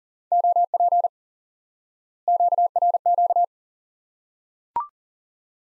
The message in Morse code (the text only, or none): OP QRQ